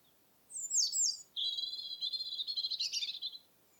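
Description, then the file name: European robin singing: a couple of very high, thin slurred notes followed by a fast, buzzy trill of repeated pulses held for about two seconds. "european robin - erithacus rubecula"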